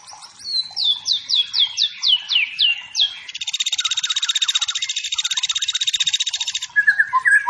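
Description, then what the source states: White-rumped shama song: a run of sharp descending whistled notes, then a long steady buzzy rattle for about three seconds, ending in brief clear whistles. Wild forest white-rumped shama singing energetically; used as training song for competition birds, said to provoke fighting spirit.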